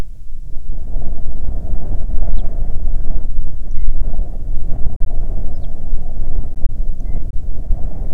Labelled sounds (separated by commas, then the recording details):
bird, wind
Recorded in the Arctic National Wildlife Refuge, Alaska, on 9 July 2019 at 21:32
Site 48